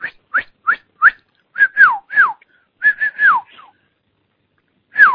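A person whistles a quick series of short, bright notes, several ending in falling glides, then pauses before one last descending whistle. No one speaks.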